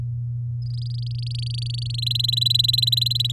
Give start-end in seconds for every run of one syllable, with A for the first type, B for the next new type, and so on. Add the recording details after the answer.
0.62-1.96 A, 1.98-3.32 B. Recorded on 10 May 2018 at 15:53. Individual llb16